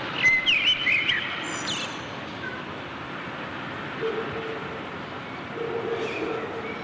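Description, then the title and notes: Common blackbird singing one short phrase, a mellow warble ending in a high squeaky twitter, then mostly quiet low rumbling background for the remaining seconds. Backyard in Berlin, June 2003; recorded as a reply to a blackbird recording from Bonn's old town. "Amsel im Hinterhof, Berlin."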